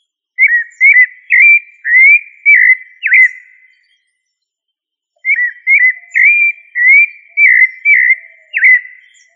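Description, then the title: Thrush: two similar phrases of several clear whistled notes, with over a second of silence between them. "Familia Turdidae - Sabia"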